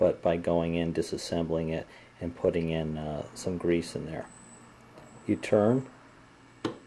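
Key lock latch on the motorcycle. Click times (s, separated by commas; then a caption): 6.6 s. Someone talks while a key is turned in the greased key-operated sliding lock mechanism on a BMW K75 motorcycle, which was disassembled and greased to make it work. A sharp click is heard at 6.7 s as the lock releases and opens.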